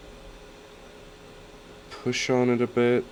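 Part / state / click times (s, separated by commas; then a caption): heated window switch housing halves being aligned / not seated / none. The plastic housing halves of a Polo 9N heated window switch, removed for an interior relight and LED swap, are turned to the proper side and lined up before being pushed together. A steady low hum fills the background, and someone talks near the end of the clip. The parts are only handled, and nothing has snapped together or clicked yet.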